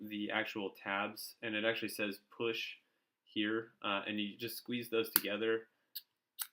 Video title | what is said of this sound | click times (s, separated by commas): UST "Sparkie" Review: Good Fire starter | and the whole thing just pops out | 6.0 s, 6.4 s